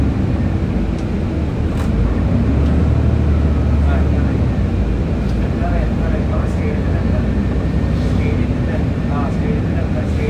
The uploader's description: using 22 bus I'm traveling to Deira city centre bus station